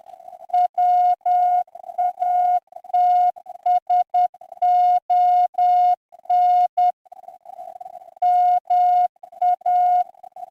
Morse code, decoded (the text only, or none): WATSON MA